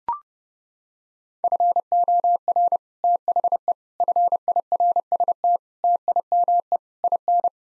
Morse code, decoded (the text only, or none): FOR THE FIRST TIME IN